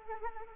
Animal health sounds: mosquito wingbeat signal from an infrared sensor; Anopheles arabiensis

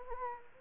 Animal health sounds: mosquito wingbeat signal from an infrared sensor; Anopheles arabiensis

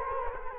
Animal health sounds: mosquito wingbeat signal from an infrared sensor; Culex quinquefasciatus

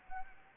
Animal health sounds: mosquito wingbeat signal from an infrared sensor; Anopheles arabiensis

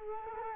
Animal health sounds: mosquito wingbeat signal from an infrared sensor; Culex quinquefasciatus

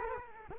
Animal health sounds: mosquito wingbeat signal from an infrared sensor; Culex quinquefasciatus

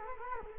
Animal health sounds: mosquito wingbeat signal from an infrared sensor; Culex quinquefasciatus

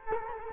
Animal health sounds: mosquito wingbeat signal from an infrared sensor; Culex quinquefasciatus

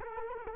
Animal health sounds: mosquito wingbeat signal from an infrared sensor; Culex quinquefasciatus

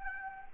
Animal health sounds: mosquito wingbeat signal from an infrared sensor; Anopheles gambiae

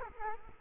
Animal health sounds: mosquito wingbeat signal from an infrared sensor; Culex quinquefasciatus

